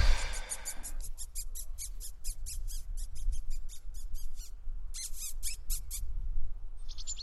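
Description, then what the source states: Firecrest calls: a long series of very high, thin ticking notes, irregularly spaced, over a low rumble. Heard calling at Mariendal, a spot for waders, during a birding road trip to Texel.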